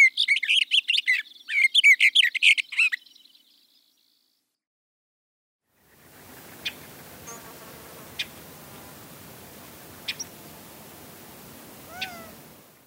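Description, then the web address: Sage thrasher singing a rapid, jumbled warbling burst for about three seconds, then silence, then faint background noise with a few scattered chirps. "Zoo Field Guide. Sage Thrasher"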